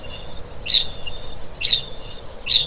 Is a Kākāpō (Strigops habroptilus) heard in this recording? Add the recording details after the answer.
yes. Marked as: faintness 3/5. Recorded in New Zealand. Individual Stumpy